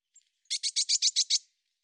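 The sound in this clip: Eurasian blue tit churring: one faint high note, then seven quick harsh buzzy notes in an even, fast rhythm lasting about a second.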